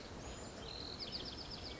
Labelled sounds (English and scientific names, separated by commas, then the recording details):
Bewick's Wren (Thryomanes bewickii)
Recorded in Sonoma County, California